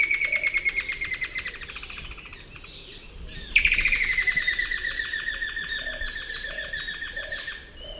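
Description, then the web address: Straight-billed woodcreeper singing two rapid trills of ringing notes, each loud at first and gradually falling in pitch, separated by a short pause; soft low coos sound underneath. Two song types; eastern lowlands of South America. "Natures Songs S America Eastern Lowlands Dendroplex picus, 2 song types"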